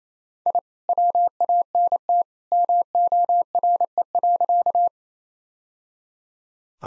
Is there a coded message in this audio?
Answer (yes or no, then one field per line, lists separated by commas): yes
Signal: Morse code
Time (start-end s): 0.5-4.9 s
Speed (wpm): 28 wpm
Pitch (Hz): 700 Hz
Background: none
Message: I WANT MORE.